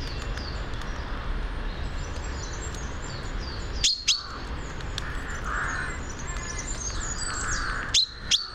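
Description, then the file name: Common chaffinch giving many short high notes, with two pairs of sharp clicks and a low rumble. "Fringilla coelebs"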